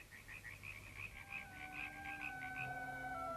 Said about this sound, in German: Draußen vor dem offenen Fenster fächert der Wind die Zypressen und vom nahen Tempelteiche quaken wie gewohnt die heiligen Frösche.